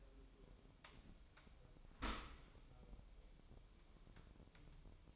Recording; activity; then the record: daily activity, microphone in the room; open dishwasher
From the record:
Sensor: 1